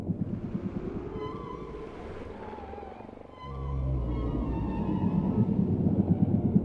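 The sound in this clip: Whale song: faint harmonic wavering moans early, then a deep droning rumble with pulsing low sounds taking over the second half.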